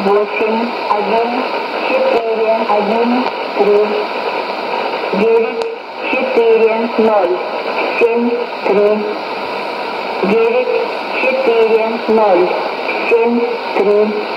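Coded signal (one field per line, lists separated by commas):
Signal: numbers station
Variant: S06s, Russian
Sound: woman's voice reading short spoken groups over shortwave static and hiss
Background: radio static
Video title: 20 09 2019 S06s Russian Lady numbers station in Russian to Eu 0634 on 12140 unknown tx site USB+AM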